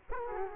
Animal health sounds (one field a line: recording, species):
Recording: mosquito wingbeat signal from an infrared sensor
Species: Culex quinquefasciatus